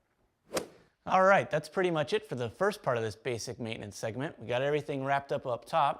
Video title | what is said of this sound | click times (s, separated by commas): Temel Araç Bakımı / Teknikleri | And when you hear it click, you're set. | 0.6 s